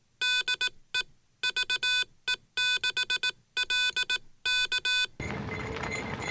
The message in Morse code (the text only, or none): DE VE6LK